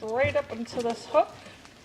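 After a tourniquet has been tightened, its small windlass rod is pushed up toward its retaining hook while someone talks over a steady low hiss. The rod has not yet locked into the hook, and nothing has clicked or seated by the end of the clip.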